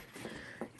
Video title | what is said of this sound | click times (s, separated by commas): How to set up your gemmy prop! | just heard that click and now he's going down | 0.6 s